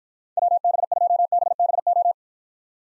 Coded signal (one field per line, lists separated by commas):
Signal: Morse code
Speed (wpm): 53 wpm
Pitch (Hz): 700 Hz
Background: none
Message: WB2BBO